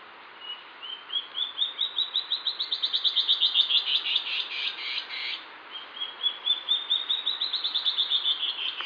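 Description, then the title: Band-tailed antbird song: short clipped notes climb steadily in pitch and quicken into a rapid run, ending in a few harsher notes, then a second song begins. "LuckyPassaro Completos2Sama. Band-tailed Antbird (Hypocnemoides maculicauda)"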